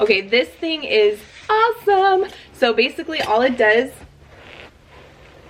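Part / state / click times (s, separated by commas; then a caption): backrest hinge ratchet on a floor chair / seated / 4.5 s, 4.6 s. Someone talks for about four seconds, then the adjustable backrest of a floor wobble chair is folded down and its hinge ratchet gives quiet clicks at 4.5 and 4.6 seconds. The backrest clicks into position.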